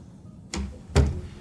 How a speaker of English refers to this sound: She opened the door and walked out.